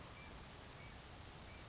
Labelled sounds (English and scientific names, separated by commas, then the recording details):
Grasshopper Sparrow (Ammodramus savannarum)
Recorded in Sonoma County, California